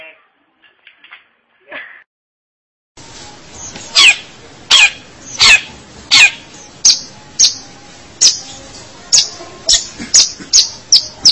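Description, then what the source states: Long-tailed shrike song: a few faint notes, then loud, sharp descending notes repeated in a fairly quick series that speeds up toward the end. Indonesian local name pentet; labelled 201703.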